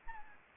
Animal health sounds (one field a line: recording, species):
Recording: mosquito wingbeat signal from an infrared sensor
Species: Anopheles gambiae